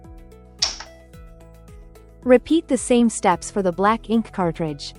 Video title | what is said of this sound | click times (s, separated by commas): Canon PIXMA MG3620 - Wireless Setup for Mobiles Devices and Windows Computer. | then flip the locking lever up until it clicks into place. | 0.6 s